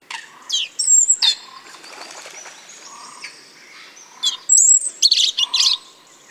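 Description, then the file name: European robin song: thin high whistles and quick scratchy twittering phrases, with a bright jumbled burst toward the end. "Erithacus rubecula"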